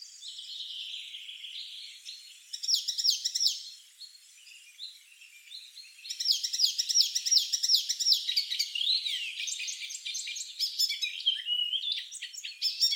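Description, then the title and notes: Icterine warbler song, a rapid varied stream of high chattering, buzzy and whistled notes with abrupt changes, pausing briefly then resuming in a long continuous run. "Icterine warbler. Зелёная пересмешка by deepsweet"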